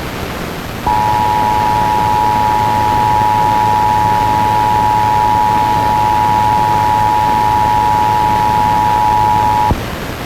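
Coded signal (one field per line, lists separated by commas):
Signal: Emergency Alert System (SAME) tones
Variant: 853 and 960 Hz attention tone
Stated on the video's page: Weekly IPAWS test as broadcast by an FM radio station.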